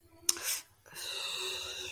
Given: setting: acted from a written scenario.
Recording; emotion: vocal sound without words; shame